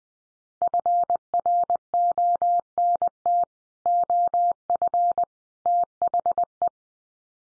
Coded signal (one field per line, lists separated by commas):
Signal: Morse code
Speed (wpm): 20 wpm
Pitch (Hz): 700 Hz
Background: none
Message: FRONT OF THE